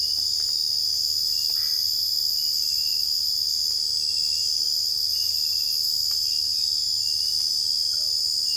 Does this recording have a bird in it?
no